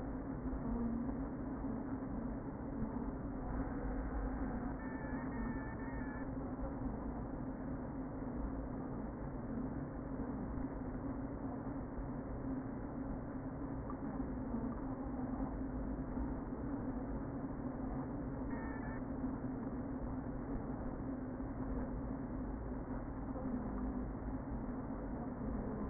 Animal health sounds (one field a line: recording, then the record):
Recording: honeybee colony, microphone inside the hive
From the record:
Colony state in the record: queen present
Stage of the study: before two queens were removed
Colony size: about 60,000 bees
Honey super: yes